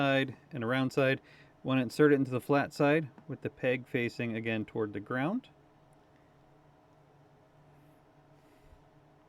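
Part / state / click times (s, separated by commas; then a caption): peg piece going into an HO scale ground throw housing / not seated / none. Someone talks while a plastic peg piece is lined up with the flat side of an HO scale ground throw housing, peg facing toward the ground, before it is pushed home. The talking stops around 5.3 s, leaving a low steady hum. Nothing has clicked or seated yet.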